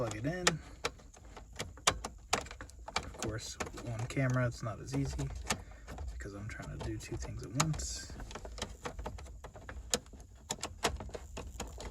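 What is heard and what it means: A wiring harness connector is being handled to plug back into the instrument cluster of a 2000 Subaru Impreza after the dash bulbs were swapped, while someone talks. Sharp plastic knocks and taps from the handling are heard, and the clip ends before the connector goes home, so nothing has seated or clicked yet.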